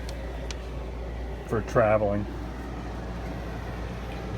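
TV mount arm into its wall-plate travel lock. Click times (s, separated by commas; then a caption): 0.5 s. An articulating TV mount arm in a 1984 Wanderlodge PT40 motorhome is pushed back against the wall so it seats into its wall-plate travel lock for traveling. A faint tap at 0.1 s is followed by a sharp click at 0.5 s as the lock engages, then someone talks briefly over a steady low hum. The arm ends up locked in place against the wall.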